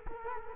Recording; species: mosquito wingbeat signal from an infrared sensor; Culex quinquefasciatus